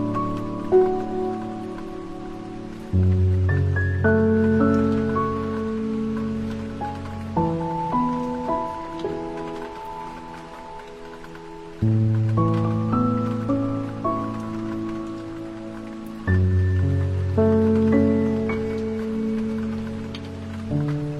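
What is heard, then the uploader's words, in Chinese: Gentle piano plays slow, sustained chords that change every few seconds, over a soft steady patter of flowing water in the background. 大自然的音乐，听着流水声伴着优美的钢琴曲慢慢的放松。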